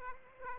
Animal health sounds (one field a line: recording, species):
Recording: mosquito wingbeat signal from an infrared sensor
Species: Aedes aegypti